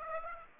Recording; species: mosquito wingbeat signal from an infrared sensor; Aedes aegypti